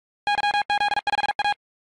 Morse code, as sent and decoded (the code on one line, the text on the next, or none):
-.-- --.. ..... .-
YZ5A